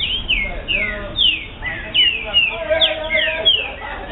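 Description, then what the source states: Green-winged saltator song: a rapid stream of clear, downward-slurred whistles overlapping one another, with lower steady tones underneath and a faint background hum. Brazilian bird.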